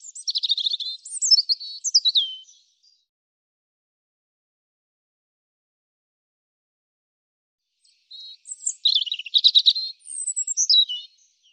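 European robin song: two bursts of high, thin, tumbling warbled phrases with fast trills and sliding whistles, separated by about five seconds of silence.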